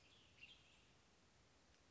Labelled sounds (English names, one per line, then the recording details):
Western Tanager
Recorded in Sonoma County, California